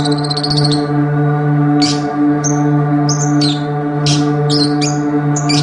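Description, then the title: Oriental magpie-robin song with rapid chattering notes, then broad harsh rasps and short whistles, over a steady low hum. "Kicau Kacer"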